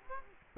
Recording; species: mosquito wingbeat signal from an infrared sensor; Culex quinquefasciatus